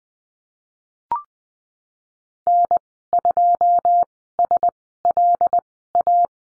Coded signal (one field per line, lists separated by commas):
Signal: Morse code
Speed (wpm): 20 wpm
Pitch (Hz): 700 Hz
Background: none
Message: N2SLA